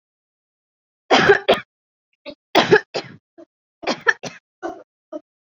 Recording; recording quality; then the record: heavy voluntary cough; excellent, no background noise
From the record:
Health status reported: healthy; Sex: female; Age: 31 years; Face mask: worn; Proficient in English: yes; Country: India